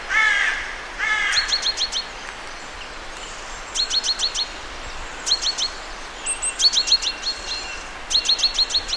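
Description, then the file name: Great tit giving rattling series of crisp high notes, burst after burst, after a brief lower harsh call at the start. "Parus major"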